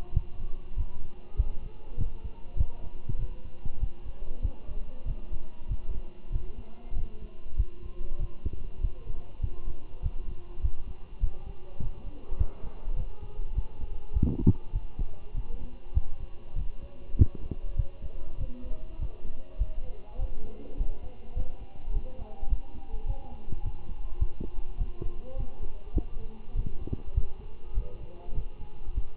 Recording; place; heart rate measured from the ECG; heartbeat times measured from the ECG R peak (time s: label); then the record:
heart sounds by stethoscope; between the tricuspid and mitral areas; 100 bpm
0.15 s: heartbeat
0.77 s: heartbeat
1.37 s: heartbeat
1.98 s: heartbeat
2.58 s: heartbeat
3.19 s: heartbeat
3.81 s: heartbeat
4.43 s: heartbeat
5.06 s: heartbeat
5.69 s: heartbeat
6.33 s: heartbeat
6.96 s: heartbeat
7.57 s: heartbeat
8.19 s: heartbeat
8.82 s: heartbeat
9.42 s: heartbeat
10.03 s: heartbeat
10.62 s: heartbeat
11.21 s: heartbeat
11.80 s: heartbeat
12.38 s: heartbeat
12.97 s: heartbeat
13.55 s: heartbeat
14.14 s: heartbeat
14.73 s: heartbeat
15.35 s: heartbeat
15.95 s: heartbeat
16.56 s: heartbeat
17.17 s: heartbeat
17.77 s: heartbeat
18.39 s: heartbeat
19.00 s: heartbeat
19.59 s: heartbeat
20.19 s: heartbeat
20.78 s: heartbeat
21.36 s: heartbeat
21.93 s: heartbeat
22.50 s: heartbeat
23.06 s: heartbeat
23.64 s: heartbeat
24.20 s: heartbeat
24.78 s: heartbeat
25.37 s: heartbeat
25.95 s: heartbeat
26.56 s: heartbeat
27.15 s: heartbeat
27.75 s: heartbeat
28.35 s: heartbeat
28.95 s: heartbeat
From the record:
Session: walking at 3.7 km/h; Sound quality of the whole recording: good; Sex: male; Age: 23 years